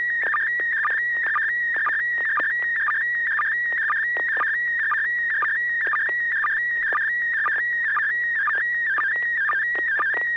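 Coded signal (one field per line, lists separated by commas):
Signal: SSTV (slow-scan television)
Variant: PD120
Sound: warbling, chirping tone scanning steadily, with a short low sync blip twice a second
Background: steady low hum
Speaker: Thank you. Yeah, this is going to be PD 120, N6HA.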